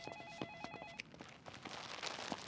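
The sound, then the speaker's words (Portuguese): A telephone rings with a warbling electronic tone pulsing rapidly for about a second, then cuts off, leaving a rough, noisy rustle of background sound. “É a minha mãe ao telefone.”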